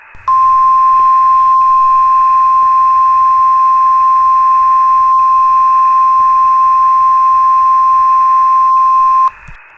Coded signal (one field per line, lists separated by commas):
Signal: Emergency Alert System (SAME) tones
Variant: 1050 Hz attention tone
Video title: Xfinity X1 EAS National Periodic Test (EAS MOCK #1)